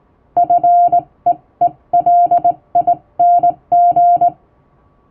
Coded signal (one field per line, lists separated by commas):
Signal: Morse code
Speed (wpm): 20 wpm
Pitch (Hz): 700 Hz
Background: music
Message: FEELING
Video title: 4月27日はモールス符号の発明者サミュエル・モールスの誕生日！やっぱりＣＷは縦振り電鍵で叩きたい！今年のＧＷはモールス信号をマスターしよう！(Happy Morse Code Day 2023！)